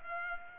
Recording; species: mosquito wingbeat signal from an infrared sensor; Culex pipiens